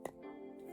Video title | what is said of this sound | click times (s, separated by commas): Hot Wheels Star Wars Starships Select #34 X-34 Landspeeder Review | It's a little shorter than the normal ones, but you just peg it into port like so. And you're going to hear a little click. | 0.1 s